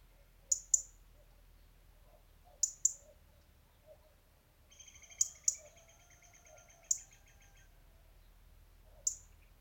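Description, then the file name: European robin uttering hard, high clicks, often doubled, with a brief soft chattering passage midway, against quiet low hum. "Erithacus rubecula"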